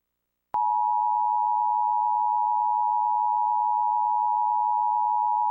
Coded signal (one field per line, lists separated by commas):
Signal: Emergency Alert System (SAME) tones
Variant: 853 and 960 Hz attention tone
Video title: EAS #1206-1207: 2 EAS Required Monthly Tests- July 7, 2026- 10:15AM PDT